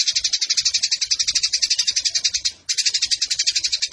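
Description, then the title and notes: Eurasian tree sparrow with a rapid rattling chatter of high, buzzy pulses, briefly cut off after two and a half seconds, then continuing. Indonesian burung gereja; fighting (tarung) sparrow giving long 'nembak' bursts with a clear voice, used as a master recording for training competition birds. "GEREJA TARUNG NEMBAK PANJANG SUARA JERNIH MASTERAN WAJIB BURUNG LOMBA. Burung Gereja"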